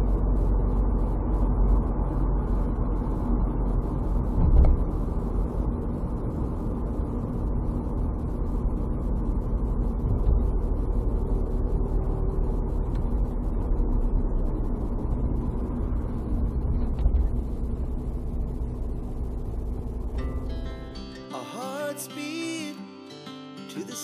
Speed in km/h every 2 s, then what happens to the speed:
60, 59, 57, 56, 53, 50, 49, 43, 33, 25, 11, 6.
0-24 slows to 6.